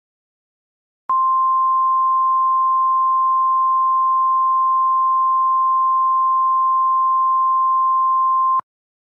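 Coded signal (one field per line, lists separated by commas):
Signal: Emergency Alert System (SAME) tones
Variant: 1050 Hz attention tone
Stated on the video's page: Fictional EAS scenario, a remake of an earlier simulated alert.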